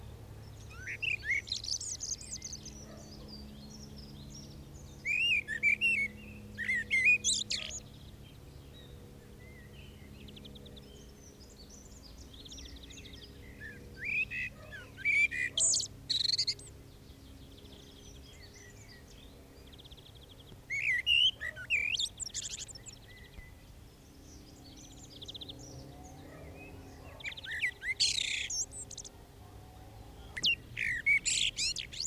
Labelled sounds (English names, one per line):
Common Blackbird song